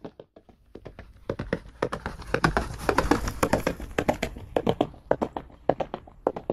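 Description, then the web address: Horse hooves running, a few soft thuds at first that swell into fast clustered pounding, then ease to a steadier beat. "animals horse horse running"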